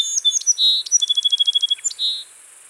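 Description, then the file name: Song sparrow song: quick whistled notes, a buzzy note, then a fast series of evenly spaced chips, closing with another buzzy note. "Melospiza melodia - Song Sparrow"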